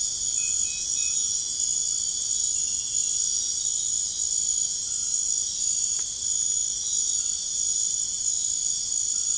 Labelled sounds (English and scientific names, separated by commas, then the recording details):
none
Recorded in pastures near Puerto Asís, Putumayo, Colombia, on 21 March 2025 at 01:30
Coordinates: 0.502, -76.324
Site GP07